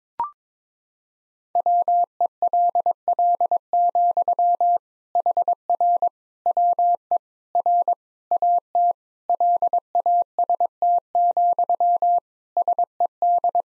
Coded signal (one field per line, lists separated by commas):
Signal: Morse code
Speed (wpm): 22 wpm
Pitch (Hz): 700 Hz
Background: none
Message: WELL, HR WE R AT LAST, SED